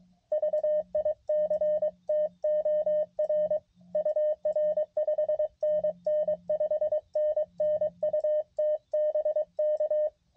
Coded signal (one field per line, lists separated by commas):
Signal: Morse code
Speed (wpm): 22 wpm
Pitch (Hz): 610 Hz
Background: none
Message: VICTOR UR 5NN 5NN UTBK